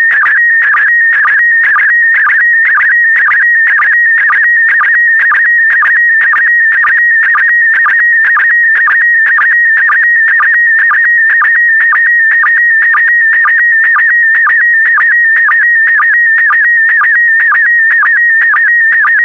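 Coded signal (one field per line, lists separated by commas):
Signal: SSTV (slow-scan television)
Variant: PD120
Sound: steady warbling tone around 1.9 kHz with short low chirps about twice per second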